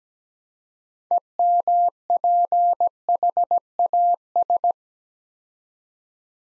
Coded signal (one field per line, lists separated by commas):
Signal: Morse code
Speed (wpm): 17 wpm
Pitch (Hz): 700 Hz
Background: none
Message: EMPHAS